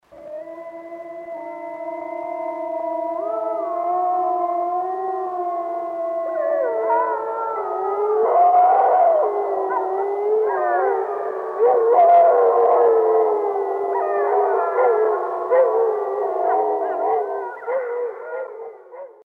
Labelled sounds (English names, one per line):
Gray Wolf